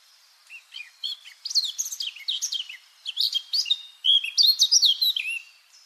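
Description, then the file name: Eurasian blackcap warbling, a varied run of quick high chattering notes and clearer whistles. "Sylvia atricapilla"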